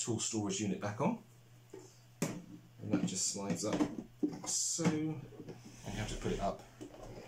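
A plastic tool storage unit is slid up onto the body of a 1977 Mors Menager Automatique (FAM MT-1062) cylinder vacuum cleaner while someone talks, with a sharp handling knock at about 2.2 s. Nothing has seated or locked yet; the clip ends before the unit goes home.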